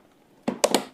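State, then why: Seated. A DDR5 memory stick, lined up with the slot notch, is pushed down into a motherboard DIMM slot. A soft thud of the push comes first, then the two retention latches give two sharp clicks at 0.6 s and 0.8 s. The stick is seated with both latches closed.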